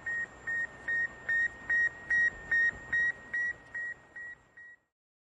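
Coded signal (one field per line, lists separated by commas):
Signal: radiosonde or satellite telemetry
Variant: Sputnik 1 beacon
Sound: about 12 short, evenly spaced high beeps over static, getting fainter at the end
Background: radio static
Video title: Satellite Beep Sputnik sound effects Free Download YouTube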